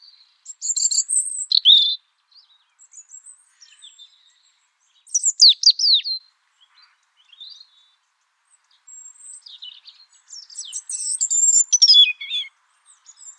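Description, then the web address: European robin giving high, thin warbled phrases separated by pauses, with tinkling descending notes and scratchy twitters spread over several seconds. "erithacus rubecula call"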